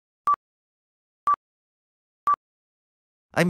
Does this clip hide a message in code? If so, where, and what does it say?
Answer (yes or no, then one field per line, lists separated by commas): no